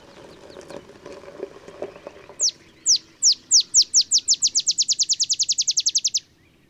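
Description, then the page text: Olive sparrow song after faint mixed background sounds: loud downslurred chips, first spaced, then speeding into a long fast trill. Olive sparrow singing in the early morning in Texas, 50 miles north of the Mexican border; simple songs reminiscent of a field sparrow's bouncing-ball song, though less mellow or melancholy. "songs Olive Sparrow. Recording early morning just 50 miles north of the Mexican border in Texas. Birdsong for the Curious Naturalist"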